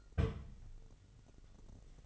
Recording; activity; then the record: daily activity, microphone in the room; place on stove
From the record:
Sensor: 4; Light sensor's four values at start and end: 9/20/8/8 and 9/20/8/8